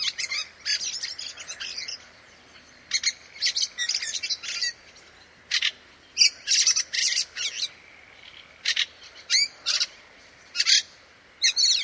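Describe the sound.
Bird calls: sharp, buzzy high-pitched bursts in irregular clusters, some notes doubled or tripled, with quiet pauses between groups.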